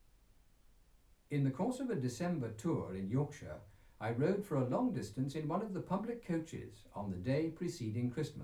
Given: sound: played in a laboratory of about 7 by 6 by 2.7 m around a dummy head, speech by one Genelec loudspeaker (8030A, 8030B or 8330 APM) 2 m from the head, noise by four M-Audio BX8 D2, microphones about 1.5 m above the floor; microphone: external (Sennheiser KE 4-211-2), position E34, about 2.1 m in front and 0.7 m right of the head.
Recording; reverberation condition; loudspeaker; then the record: male speech in English; low; 120 degrees to the right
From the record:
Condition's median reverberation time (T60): about 310 ms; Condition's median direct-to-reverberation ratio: about 3.5 dB